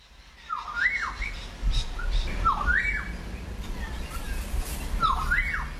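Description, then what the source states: Currawong giving three sweet whistled phrases that dip and then rise, over a low rumbling background. Described as a very sweet call.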